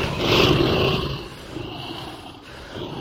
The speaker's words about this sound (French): Le tigre nous avait aperçus et avait tourné sa tête vers nous en grondant. Il avait l'air féroce. Il était immense, avait 6 pattes, 3 yeux et montrait des crocs d'une taille disproportionnée.